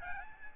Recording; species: mosquito wingbeat signal from an infrared sensor; Aedes albopictus